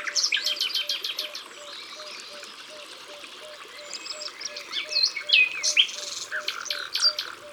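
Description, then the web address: Common nightingale song, a burst of quick repeated notes, a quieter stretch, then loud whistles and slurred phrases, with a low note pulsing steadily beneath. "Rossignol-philomele abc-de-la-nature"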